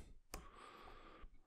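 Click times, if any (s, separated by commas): 0.3 s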